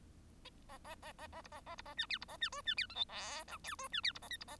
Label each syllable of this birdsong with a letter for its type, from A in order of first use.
A A A A A B A A B A C D B A C E C D F G H I J E C D B A K B A